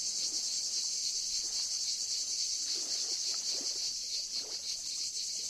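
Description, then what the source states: Cicadas produce a steady, piercing high buzz without pause, with only faint soft noise beneath. Cicadas stridulating in summer; played back from a video.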